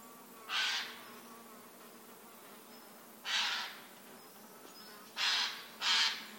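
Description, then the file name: Eurasian jay uttering rough, noisy screeches: one, a pause of nearly three seconds, another, then a closing pair in quick succession. "Garrulus glandarius"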